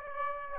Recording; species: mosquito wingbeat signal from an infrared sensor; Aedes aegypti